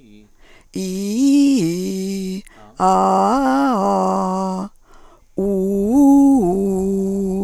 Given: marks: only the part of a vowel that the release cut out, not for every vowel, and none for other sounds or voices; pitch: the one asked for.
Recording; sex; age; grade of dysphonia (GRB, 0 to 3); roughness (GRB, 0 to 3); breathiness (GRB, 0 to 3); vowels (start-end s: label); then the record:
sustained vowels; female; 50 to 59 years; 2; 2; 1
0.87-2.33 s: vowel /i/, low-high-low pitch
2.84-4.54 s: vowel /a/, low-high-low pitch
5.45-7.27 s: vowel /u/, low-high-low pitch
From the record:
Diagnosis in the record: hyperfunctional dysphonia, Reinke's edema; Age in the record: 59 years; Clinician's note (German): Zustand nach Abtragung